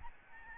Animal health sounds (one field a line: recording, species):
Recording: mosquito wingbeat signal from an infrared sensor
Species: Aedes albopictus